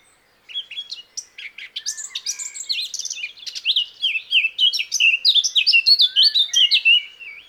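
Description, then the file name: Eurasian blackcap song: a fast, sustained warble of varied scratchy and clear whistled notes, growing louder and steadier through the second half, with no other sounds. "Sylvia atricapilla"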